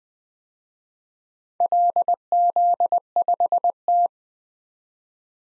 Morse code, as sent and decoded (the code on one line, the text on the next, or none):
.-.. --.. ..... -
LZ5T